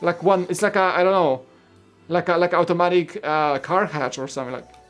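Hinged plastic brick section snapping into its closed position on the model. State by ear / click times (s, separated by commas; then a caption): not seated / none. A hinged plastic brick section of a LEGO Ninjago City Gardens 71741 model is handled and swung toward its closed position while someone talks. Nothing has clicked or seated yet by the end of the clip.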